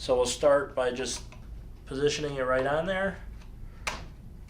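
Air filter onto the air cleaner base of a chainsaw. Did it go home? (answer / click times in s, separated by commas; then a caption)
yes / 3.9 s. Someone talks while a new plastic air filter is positioned on the air cleaner base of a chainsaw and rotated a quarter turn clockwise so its legs hook around the tabs. A sharp click at 3.9 s marks the filter twist-locking into place, seated.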